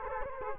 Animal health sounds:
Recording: mosquito wingbeat signal from an infrared sensor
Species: Culex quinquefasciatus

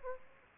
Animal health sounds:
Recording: mosquito wingbeat signal from an infrared sensor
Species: Aedes aegypti

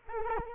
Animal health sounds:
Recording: mosquito wingbeat signal from an infrared sensor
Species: Culex quinquefasciatus

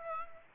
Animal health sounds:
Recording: mosquito wingbeat signal from an infrared sensor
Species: Aedes aegypti

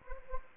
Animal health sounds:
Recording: mosquito wingbeat signal from an infrared sensor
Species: Anopheles gambiae

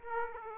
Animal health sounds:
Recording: mosquito wingbeat signal from an infrared sensor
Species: Aedes aegypti

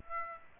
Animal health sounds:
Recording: mosquito wingbeat signal from an infrared sensor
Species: Aedes aegypti

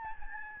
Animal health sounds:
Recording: mosquito wingbeat signal from an infrared sensor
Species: Aedes albopictus

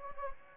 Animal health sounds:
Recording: mosquito wingbeat signal from an infrared sensor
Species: Anopheles gambiae

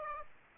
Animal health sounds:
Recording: mosquito wingbeat signal from an infrared sensor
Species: Aedes aegypti

